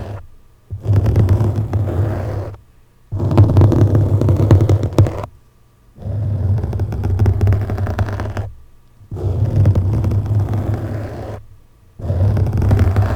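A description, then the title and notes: A microphone is scratched with sharp objects in repeated strokes, each lasting about two seconds, separated by short silences. The scraping is rough and dense, with a heavy low rumble beneath a gritty, crackling upper layer, and the strokes repeat at a fairly regular pace. ASMR Mic Scratching With Sharp Objects.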